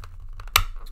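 A football chin strap snap is pushed onto the snap post on a helmet shell and seats with one loud, sharp snap at 0.6 s. Fainter ticks come before and after it.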